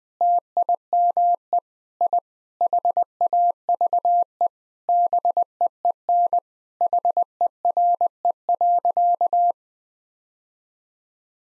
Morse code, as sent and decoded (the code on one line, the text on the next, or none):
- .. -- . / .. / .... .- ...- . / -... . . -. / .... . .-. . .-.-.-
TIME I HAVE BEEN HERE.